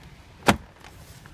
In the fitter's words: back in with a solid click reinserted